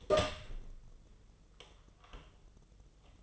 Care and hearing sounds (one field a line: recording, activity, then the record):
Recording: daily activity, microphone in the room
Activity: open door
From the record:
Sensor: 4